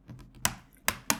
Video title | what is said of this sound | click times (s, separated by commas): Battery replacement on ThinkPad X1 Carbon Gen9 | and you will hear some clicks, okay? | 0.5 s, 0.9 s, 1.1 s